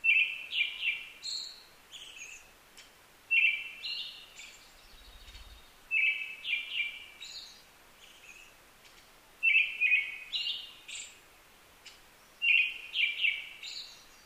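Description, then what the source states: Brown-headed thrush song: a clear two-part whistled phrase followed by higher thin notes, repeated about every three seconds, five phrases in all. Recorded 15 May 2010 at 18:56.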